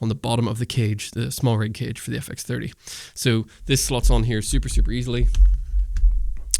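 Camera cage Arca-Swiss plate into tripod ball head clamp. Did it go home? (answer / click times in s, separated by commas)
yes / 6.5 s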